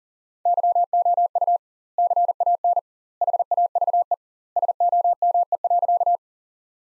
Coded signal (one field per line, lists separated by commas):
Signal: Morse code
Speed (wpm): 40 wpm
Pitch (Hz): 700 Hz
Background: none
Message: YOU CAN HAVE SOME.